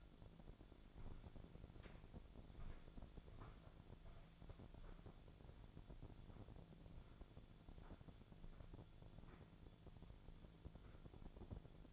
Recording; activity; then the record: daily activity, microphone in the room; walk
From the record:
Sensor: 5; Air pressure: 1008.4 hPa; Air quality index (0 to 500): 153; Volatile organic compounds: 3 ppm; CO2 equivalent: 1476 ppm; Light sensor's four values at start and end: 66/181/71/72 and 65/181/71/72